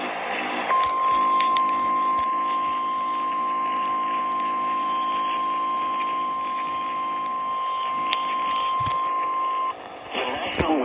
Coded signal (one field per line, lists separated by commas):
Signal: Emergency Alert System (SAME) tones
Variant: 1050 Hz attention tone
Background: speech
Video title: SVR on WLAC (EAS #166)